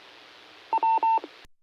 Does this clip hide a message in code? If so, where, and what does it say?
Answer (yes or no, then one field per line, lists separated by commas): no